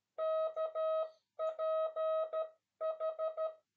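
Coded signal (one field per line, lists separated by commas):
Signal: Morse code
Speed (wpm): 13 wpm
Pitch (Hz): 640 Hz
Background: none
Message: KPH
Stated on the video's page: Spanish Morse code lesson on service abbreviations from a naval communications engineering school.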